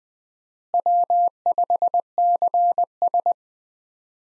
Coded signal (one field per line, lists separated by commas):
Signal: Morse code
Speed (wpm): 20 wpm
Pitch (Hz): 700 Hz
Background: none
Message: W5CS